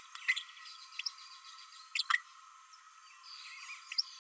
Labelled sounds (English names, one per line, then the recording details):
Green-rumped Parrotlet babbling
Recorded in a nest box in Venezuela
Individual 18B12A2